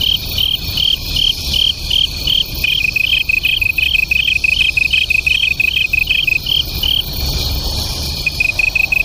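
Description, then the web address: Japanese tree cricket duet: pulsed chirps over a second steady trill that enters near two and a half seconds, then the chirping stops near seven seconds leaving only the continuous trill. "sikioto insect kantanduet"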